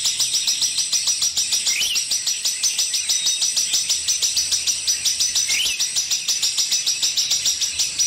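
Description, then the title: Streaked spiderhunter song of quick, high, clipped notes repeated over three times a second for eight seconds, with a couple of rising slurs mixed in. Long, clear, actively singing Streaked spiderhunter, used as a tutor recording for training birds. "Pijantung Gunung Gacor Jernih Panjang"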